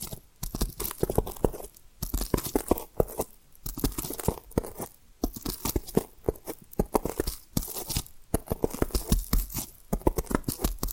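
Tapping and scratching sounds come in quick, dense bursts of crisp clicks and rustles, with brief pauses around two, five and eight seconds. The texture is dry and crackly, bright at the top with some low thuds, and the rhythm stays busy and uneven throughout.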